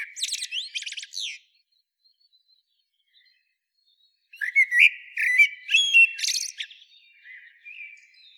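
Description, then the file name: Eurasian blackbird song: a high squeaky twitter, a pause of about three seconds, then a longer phrase of mellow whistles mixed with sharp high notes, trailing into soft warbling. "Turdus merula"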